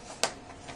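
A plastic hard-shell case is pressed onto the lid of a 13-inch laptop and snaps into place with one sharp, loud click at 0.2 s, followed by a faint tick near 0.8 s. The case is seated on the laptop.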